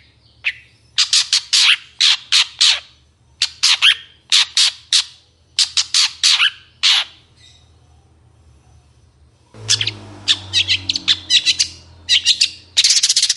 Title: Cendet Gacor Dor Di Kala Pagi Toet Toet Variasi Suara Jernih